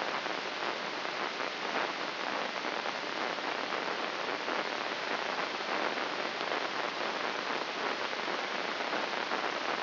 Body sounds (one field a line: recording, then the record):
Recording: brain microelectrode recording played as sound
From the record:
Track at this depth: inside the subthalamic nucleus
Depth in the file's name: 4.883 mm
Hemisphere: left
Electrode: 3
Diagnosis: Parkinson's disease